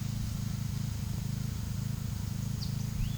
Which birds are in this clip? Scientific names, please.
Troglodytes aedon